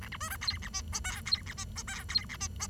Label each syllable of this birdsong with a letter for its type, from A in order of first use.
A B C D E F G H I E F G H I E F G H